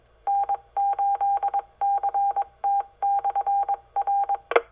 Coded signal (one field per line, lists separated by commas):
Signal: Morse code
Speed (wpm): 22 wpm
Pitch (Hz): 800 Hz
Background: none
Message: N8CT/R